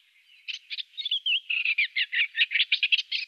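Eastern Olivaceous Warbler song, a short burst of harsh chattering notes with a brief slurred whistle.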